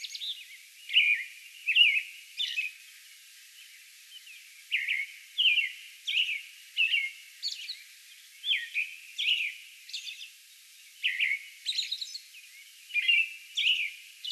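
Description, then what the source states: American robin song made of rolling whistled phrases, steady and unhurried, with high thin squeaks between some phrases and a quiet background. Song bout recorded on May 11.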